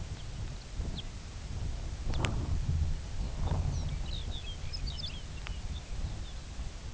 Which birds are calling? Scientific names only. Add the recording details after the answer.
Calcarius lapponicus. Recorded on Arctic tundra, site UTQI-2, on 15 June 2019. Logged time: 22:00